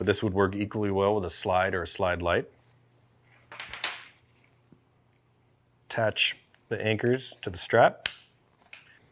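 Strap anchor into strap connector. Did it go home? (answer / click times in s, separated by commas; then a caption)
yes / 8.7 s. Someone talks while handling a Peak Design leash strap, then attaches a strap anchor to the connector on the strap, with a burst of light clattering around 3.5–3.8 s. The anchor clicks home and seats with a small, sharp click at 8.7 s.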